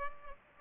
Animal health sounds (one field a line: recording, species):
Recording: mosquito wingbeat signal from an infrared sensor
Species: Culex pipiens